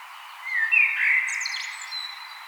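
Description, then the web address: Common blackbird song: a single short phrase of mellow warbled notes ending in thin high twittering. "vogelstimmen amsel gesang nabu lars lachmann"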